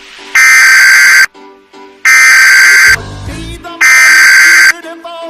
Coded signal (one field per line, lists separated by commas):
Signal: Emergency Alert System (SAME) tones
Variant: header bursts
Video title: EAS Mock - Real moment